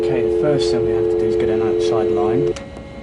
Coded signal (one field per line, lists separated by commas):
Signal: telephone call progress tone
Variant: North America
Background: speech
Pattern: dial tone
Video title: Hackers & Phreakers - Full Documentary